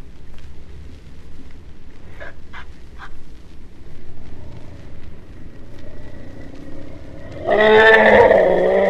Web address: asian elephant